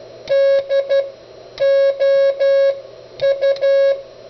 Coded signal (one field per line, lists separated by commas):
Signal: Morse code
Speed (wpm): 12 wpm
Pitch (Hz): 550 Hz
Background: music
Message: DOU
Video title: "Autologging" with the Begali CW Machine